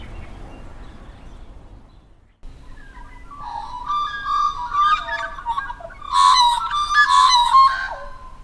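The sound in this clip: Magpie calls begin after a quiet stretch with a low hum, building into warbling, fluting rich notes that are loudest after six seconds and then fade.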